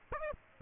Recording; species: mosquito wingbeat signal from an infrared sensor; Aedes aegypti